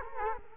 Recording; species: mosquito wingbeat signal from an infrared sensor; Culex quinquefasciatus